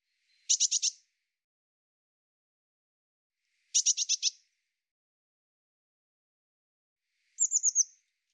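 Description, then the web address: Eurasian blue tit calling with two brief scratchy churring bursts a few seconds apart, followed by a quick high, thin series of falling notes near the end. "cianscape birddata Deverinetal 2025 File cleaned normalized Bird Cy Ca"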